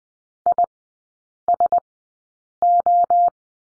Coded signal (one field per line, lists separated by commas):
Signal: Morse code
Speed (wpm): 20 wpm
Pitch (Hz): 700 Hz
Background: none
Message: ISO